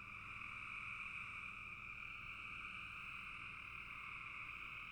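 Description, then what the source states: Frog chorus, a dense unbroken trilling hum in two steady pitch bands, with low rumbling underneath throughout. Recorded in a bog.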